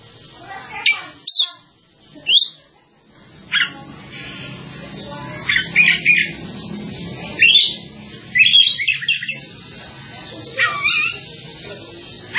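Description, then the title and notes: Bird chirps, isolated sharp notes and short clusters of quick whistles separated by gaps, over a rumbling low background. "Bird Sound. Kicau Burung Lengkap"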